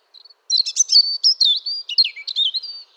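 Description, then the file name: European robin song phrase: a few brief soft opening notes, then a jumbled sequence of high sweet whistles, slurred trills and quick chirps lasting over two seconds. "Erithacus rubecula"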